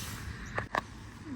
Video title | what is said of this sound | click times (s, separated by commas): Unboxing And Assembling The Toro Power Max E26 26" Snow Blower - Your Ultimate How-to Guide! | and that's going to get installed right here this snaps into place and kind of hangs out right there | 0.8 s